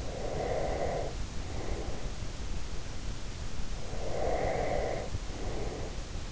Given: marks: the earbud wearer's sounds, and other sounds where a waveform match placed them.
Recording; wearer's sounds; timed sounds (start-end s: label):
sounds in sleep by an in-ear microphone; breath
0.02-2.28 s: breath
3.90-6.23 s: breath